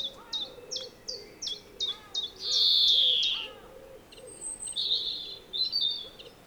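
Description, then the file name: European greenfinch giving short high notes, then a long buzzy falling wheeze, with soft low hooting tones and a few falling chirps underneath. "Chloris chloris"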